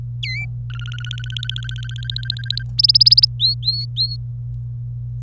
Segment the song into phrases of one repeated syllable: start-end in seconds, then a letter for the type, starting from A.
0.23-0.46 A, 0.70-2.63 B, 2.78-3.25 C, 3.40-4.16 D